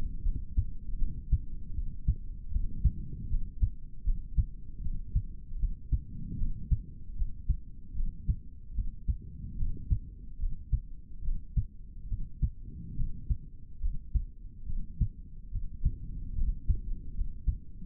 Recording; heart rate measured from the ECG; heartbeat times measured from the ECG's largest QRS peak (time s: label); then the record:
heart sounds by stethoscope; 75 bpm
0.23 s: heartbeat
0.97 s: heartbeat
1.73 s: heartbeat
2.51 s: heartbeat
3.28 s: heartbeat
4.04 s: heartbeat
4.81 s: heartbeat
5.58 s: heartbeat
6.37 s: heartbeat
7.16 s: heartbeat
7.94 s: heartbeat
8.74 s: heartbeat
9.56 s: heartbeat
10.39 s: heartbeat
11.22 s: heartbeat
12.08 s: heartbeat
12.95 s: heartbeat
13.81 s: heartbeat
14.66 s: heartbeat
15.51 s: heartbeat
16.35 s: heartbeat
17.14 s: heartbeat
From the record:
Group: healthy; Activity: rest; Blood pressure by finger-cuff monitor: 77/49 mmHg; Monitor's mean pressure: 60 mmHg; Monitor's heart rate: 75 bpm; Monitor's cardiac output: 4.2 L/min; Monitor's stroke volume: 56 mL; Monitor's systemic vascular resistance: 1000 dyn s/cm5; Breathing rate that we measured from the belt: 18 breaths a minute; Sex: male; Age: 55 years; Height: 167 cm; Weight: 57.2 kg